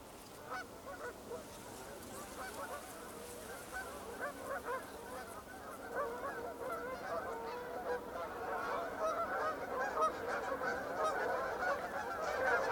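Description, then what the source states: Canada goose: canada geese honking, a dense chorus of nasal calls that starts soft and swells steadily louder throughout. Flock flying overhead.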